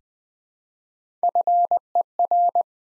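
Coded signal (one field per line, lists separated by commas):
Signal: Morse code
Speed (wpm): 20 wpm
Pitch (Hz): 700 Hz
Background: none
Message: FER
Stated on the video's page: Morse code QSO elements at 20 wpm, each sent, spoken, then sent again.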